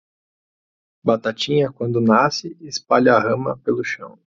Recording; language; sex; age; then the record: short text; Brazilian Portuguese; male; 30 to 39 years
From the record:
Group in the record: control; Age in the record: 35 years